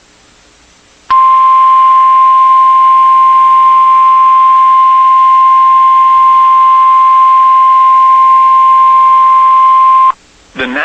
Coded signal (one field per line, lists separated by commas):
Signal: Emergency Alert System (SAME) tones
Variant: 1050 Hz attention tone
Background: speech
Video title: (EAS#152) Severe Thunderstorm Warning